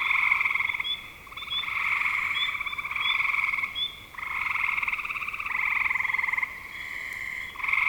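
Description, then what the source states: Continuous frog chorus; buzzy pulsed trills follow one another with brief gaps, and thin rising chirps repeat over them. Recorded in spring 2025.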